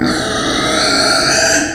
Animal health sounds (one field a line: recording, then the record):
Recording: squeal of a Yucatan mini pig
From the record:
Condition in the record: before surgery on the right vocal fold (resection and tissue-engineered implant)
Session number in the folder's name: 3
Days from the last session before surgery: 0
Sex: female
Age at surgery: 19 weeks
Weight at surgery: 25 kg